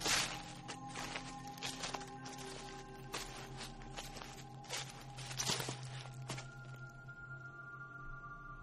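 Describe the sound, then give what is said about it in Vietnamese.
Rustling footsteps shuffle along outside the door of a riverside hut built of bamboo and clay, a series of irregular, soft crunchy steps with a few sharper scrapes, over a low steady hum and no voices. “Đang thiêu thiêu ngủ, tự dưng anh nghe có tiếng bước chân người cứ sột soạt ở bên ngoài cửa.”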